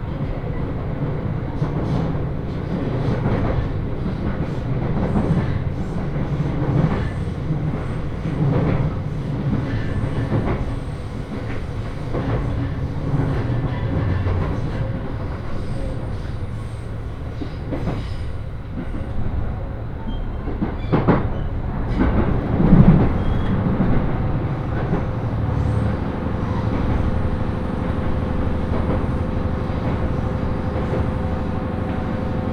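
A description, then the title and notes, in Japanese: A rapid train on the Senseki-Tohoku Line runs from Takagimachi toward Sendai, with a steady low rumble of wheels and car body throughout. Faint rhythmic clicks from the rails recur, and a brief sharp squeal or clunk stands out around 21 to 23 seconds. 仙石東北ライン快速 高城町→仙台。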